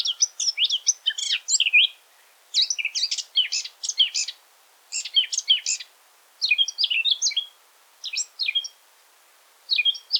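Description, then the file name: Eurasian blackcap singing quick warbled phrases of about one to two seconds, separated by short gaps. "Sylvia atricapilla"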